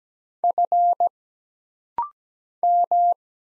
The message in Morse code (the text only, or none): F M